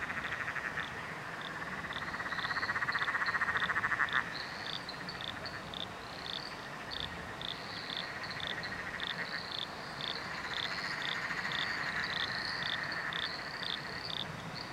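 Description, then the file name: Frog chorus with a loud rapid trill in the first seconds, then softer overlapping pulsed calls and regular sharp high chirps. Frog chorus recorded at night under a bridge in Royal National Park. "nocturnal frog chorus under a bridge royal national park"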